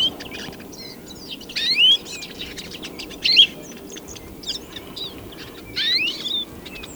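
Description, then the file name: European greenfinch giving short rising whistled calls, mixed with brief twittering notes, at irregular intervals of a second or two, over a faint steady background hiss. "Chloris chloris"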